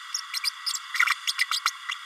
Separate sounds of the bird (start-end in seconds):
0.33-0.40, 0.43-0.50, 0.66-0.73, 1.05-1.14, 1.27-1.33, 1.38-1.46, 1.51-1.60, 1.65-1.70, 1.88-1.94